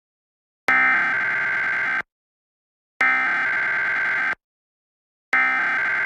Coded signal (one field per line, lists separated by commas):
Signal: Emergency Alert System (SAME) tones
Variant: header bursts